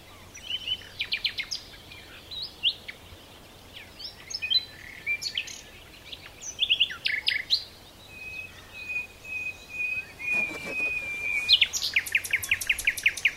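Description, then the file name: Common nightingale song of varied chirps and short trills, then a long drawn-out steady whistle followed by a rapid series of loud repeated notes. "Luscinia megarhynchos"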